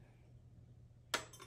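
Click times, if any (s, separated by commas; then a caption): 1.1 s. A small accessory part is released from its holder by pressing its release button, and it clicks free with a sharp, bright click at 1.1 s, followed by a softer rattle at about 1.3 s. A low steady hum runs underneath throughout, and the part comes free.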